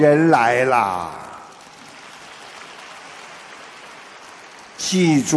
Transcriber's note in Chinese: 掌声